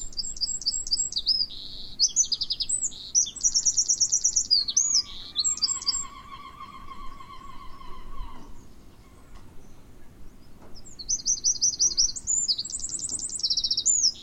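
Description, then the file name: Eurasian wren delivering repeated high, fast trilling phrases, with a separate lower, drawn-out tonal sound in the middle. "Troglodytes troglodytes"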